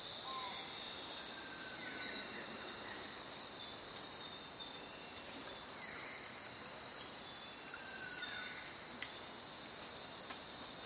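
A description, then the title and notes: A dense, steady insect drone fills the high range at dusk by an Amazon river, with faint scattered bird whistles near 1, 3, and 8 seconds. Dusk By The River In The Amazon Rainforest. Dawn and dusk in the Amazon rainforest are particularly lush when it comes to biophony, especially by a slow flowing river. The stark contrast between the beauty of birdsong and the shrill urgency of insect calls is never as evident.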